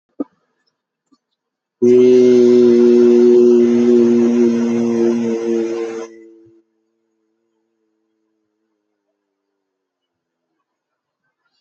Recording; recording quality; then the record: sustained vowel as in beet; excellent, no background noise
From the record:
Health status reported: healthy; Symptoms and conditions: none ticked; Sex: male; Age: 52 years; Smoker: not ticked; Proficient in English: no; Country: India